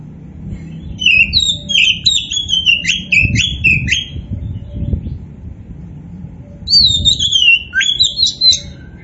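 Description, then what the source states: Oriental magpie-robin song: loud, varied whistled phrases in two bursts, over a steady low rumble. Indonesian name kacer poci; described as gacor, meaning singing vigorously and continuously.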